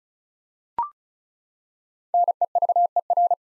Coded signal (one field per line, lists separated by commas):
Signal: Morse code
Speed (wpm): 36 wpm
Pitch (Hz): 700 Hz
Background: none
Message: NEVER